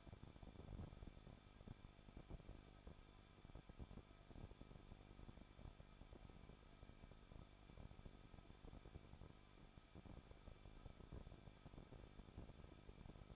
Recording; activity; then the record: daily activity, microphone in the room; no activity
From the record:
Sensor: 5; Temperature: 20.9 degrees Celsius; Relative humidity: 38.3%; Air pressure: 1006.4 hPa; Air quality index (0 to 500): 190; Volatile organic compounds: 20 ppm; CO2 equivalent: 2673 ppm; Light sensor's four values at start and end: 2/3/1/1 and 2/3/1/1